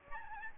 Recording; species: mosquito wingbeat signal from an infrared sensor; Aedes albopictus